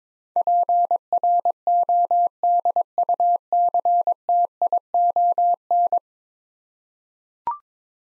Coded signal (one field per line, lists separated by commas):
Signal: Morse code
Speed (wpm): 22 wpm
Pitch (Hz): 700 Hz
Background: none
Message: PRODUCTION